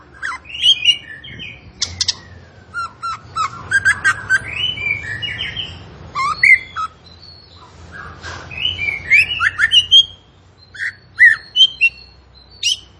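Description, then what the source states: Zebra finch song: varied jumble of squeaky whistles, twitters and harsh chattering notes, in irregular bursts over a low background hum. A songbird singing vigorously (gacor), used as a model for caged birds to learn from.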